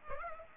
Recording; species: mosquito wingbeat signal from an infrared sensor; Aedes aegypti